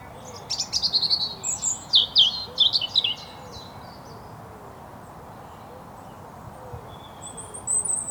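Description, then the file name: European robin song phrase of rapid, high, jumbled notes in the first three seconds, then near silence with a faint high note at the end. "Erithacus rubecula"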